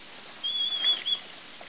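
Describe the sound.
Rat giving one thin, pure whistled note, held at an even pitch with a slight wobble, lasting under a second against a quiet hiss.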